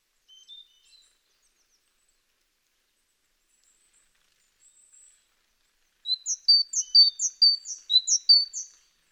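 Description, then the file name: Great tit song: a brisk run of repeated two-note phrases, preceded by a few faint thin notes. "Parus major"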